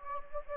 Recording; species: mosquito wingbeat signal from an infrared sensor; Anopheles gambiae